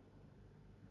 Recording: background sound without coughing